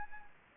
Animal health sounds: mosquito wingbeat signal from an infrared sensor; Anopheles gambiae

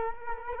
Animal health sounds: mosquito wingbeat signal from an infrared sensor; Culex quinquefasciatus

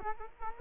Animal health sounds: mosquito wingbeat signal from an infrared sensor; Culex quinquefasciatus

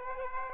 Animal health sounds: mosquito wingbeat signal from an infrared sensor; Aedes aegypti

